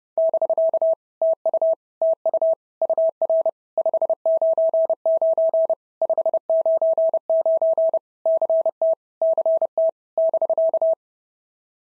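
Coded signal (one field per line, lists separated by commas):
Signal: Morse code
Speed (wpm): 30 wpm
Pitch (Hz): 650 Hz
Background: none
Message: <BK> TU TU UR 599 599 CT CT <BK>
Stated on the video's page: POTA exchange practice at 30 wpm, each exchange sent in Morse, then spoken, then sent again.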